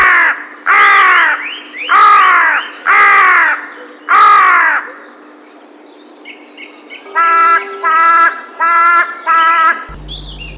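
Crow cawing, four harsh drawn-out caws, a pause, then four shorter caws in quick succession, with a faint steady hum behind.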